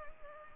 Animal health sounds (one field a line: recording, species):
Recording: mosquito wingbeat signal from an infrared sensor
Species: Culex pipiens